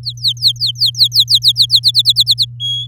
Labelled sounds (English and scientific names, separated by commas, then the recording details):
Domestic Canary (Serinus canaria) song
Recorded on 8 May 2018 at 05:43
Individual llb16